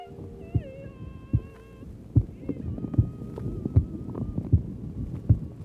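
Normal heart sounds heard by stethoscope at the apex of the heart in an adult, with bowel sounds audible from a hungry patient late in the afternoon.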